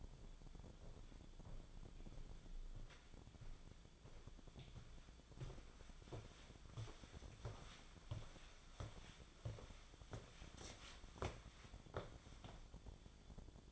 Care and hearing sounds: daily activity, microphone in the room; walk to room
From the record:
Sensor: 5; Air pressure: 1010.2 hPa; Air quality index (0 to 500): 142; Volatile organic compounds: 3 ppm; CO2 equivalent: 1388 ppm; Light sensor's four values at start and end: 277/692/290/318 and 280/671/290/325

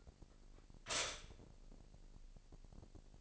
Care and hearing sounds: daily activity, microphone in the room; stop toaster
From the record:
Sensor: 5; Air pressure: 1007.1 hPa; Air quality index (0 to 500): 126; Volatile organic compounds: 1 ppm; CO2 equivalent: 958 ppm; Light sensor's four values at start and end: 27/62/26/26 and 27/62/26/26

